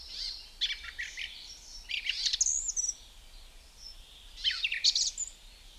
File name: Zvuki ptic - Pevchij drozd